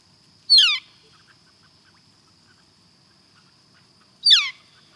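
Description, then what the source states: Northern Flicker calls: two sharp, descending notes separated by several seconds of quiet, with a thin constant whine in the background. Contact call, given when two birds are together, checking in with each other; recording from Xeno-Canto by Christopher McPherson.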